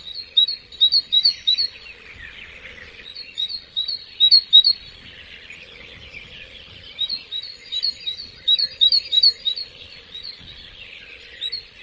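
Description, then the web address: Bird chirps: rapid, high, sharp twittering notes in bursts of several, with short pauses between groups and a faint low hum underneath. "anasyn caracalla thesis L 01 birds"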